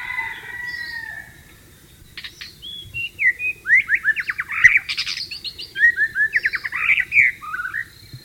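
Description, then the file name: White-rumped shama song: soft whistles, then two rapid phrases of buzzy trilled bursts and whistled slurs. Wild bird, recorded in the wild. "suara burung murai batu di alam liar"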